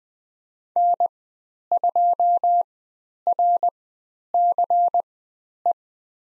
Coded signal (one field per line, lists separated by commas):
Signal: Morse code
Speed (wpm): 20 wpm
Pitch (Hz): 700 Hz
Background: none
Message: N2RCE